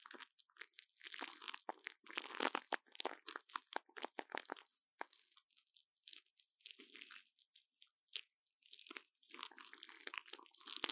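Plastic wrap crinkles and crackles in dense, irregular bursts of sharp, bright snaps. The handling is busiest in the first five seconds, then turns sparser with brief quiet gaps before picking up again near the end.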